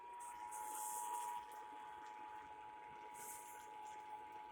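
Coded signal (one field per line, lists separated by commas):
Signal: Emergency Alert System (SAME) tones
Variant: 853 and 960 Hz attention tone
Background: speech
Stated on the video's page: Broadcast radio EAS required monthly test.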